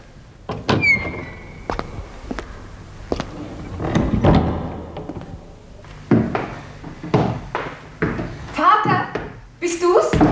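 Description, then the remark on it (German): A black door next to a shoe shop is handled and opened or shut amid a string of sharp clicks, rattles and clunks, with a brief high creak early on and a few louder knocks toward the end. “Jetzt noch der Schuhladen und gleich daneben die schwarze Tür.”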